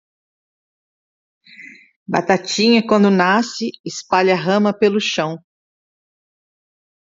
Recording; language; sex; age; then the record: short text; Brazilian Portuguese; female; 70 to 79 years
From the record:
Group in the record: control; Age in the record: 72 years